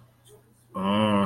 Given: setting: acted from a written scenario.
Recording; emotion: vocal sound without words; embarrassment